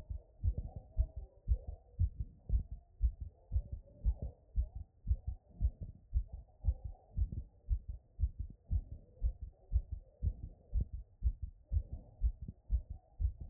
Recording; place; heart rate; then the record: heart sounds by stethoscope; Erb's point; 118 bpm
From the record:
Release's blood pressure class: hypertension stage 1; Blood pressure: 133/72 mmHg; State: after exercise